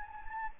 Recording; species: mosquito wingbeat signal from an infrared sensor; Anopheles gambiae